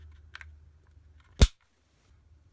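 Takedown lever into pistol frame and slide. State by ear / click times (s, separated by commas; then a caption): seated / 1.4 s. During reassembly of a black CZ P-07 polymer-frame 9mm pistol, the slide is pulled back so the notches line up and the steel takedown lever is rotated into the frame and slide. A pair of faint light ticks sounds near 0.4 s, then a sharp, bright click at 1.4 s as the takedown lever clicks into place. Near-silence follows.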